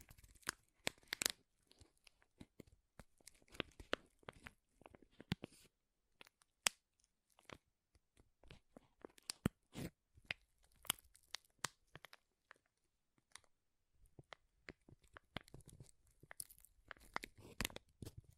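Crinkling plastic or foil, heard as dense bursts of sharp, bright crackles that cluster and then thin out. Busy stretches near the start, around ten seconds, and toward the end are separated by short near-silent gaps, with a few louder snaps standing out.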